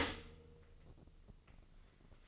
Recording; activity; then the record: daily activity, microphone in the room; stop toaster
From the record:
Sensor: 4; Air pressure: 1007.8 hPa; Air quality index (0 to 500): 103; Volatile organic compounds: 1 ppm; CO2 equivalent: 766 ppm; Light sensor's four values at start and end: 9/20/8/8 and 9/21/8/9